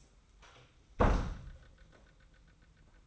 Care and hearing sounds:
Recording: daily activity, microphone in the room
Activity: close door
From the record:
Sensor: 3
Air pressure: 990.3 hPa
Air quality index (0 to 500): 168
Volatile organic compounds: 1000 ppm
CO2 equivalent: 5436 ppm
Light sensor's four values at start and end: 46/109/45/42 and 47/110/45/42

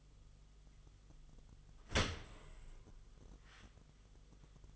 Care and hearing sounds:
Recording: daily activity, microphone in the room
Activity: open dishwasher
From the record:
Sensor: 4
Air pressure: 1005.6 hPa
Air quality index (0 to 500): 112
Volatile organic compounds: 3 ppm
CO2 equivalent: 1392 ppm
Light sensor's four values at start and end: 11/26/10/10 and 11/25/10/10

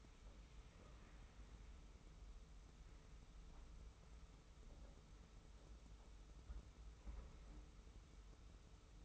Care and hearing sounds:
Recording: daily activity, microphone in the room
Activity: wipe stove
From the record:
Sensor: 1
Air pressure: 991.4 hPa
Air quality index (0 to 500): 131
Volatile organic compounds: 426 ppm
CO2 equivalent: 4712 ppm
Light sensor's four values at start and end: 41/126/50/51 and 41/126/50/52

